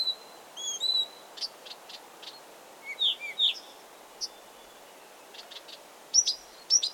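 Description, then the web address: Blyth's reed warbler song: high whistled and slurred phrases, some repeated, broken by dry ticking clicks and short pauses. Recorded 16 June 2022. "fagelljud 20220616 busksangare"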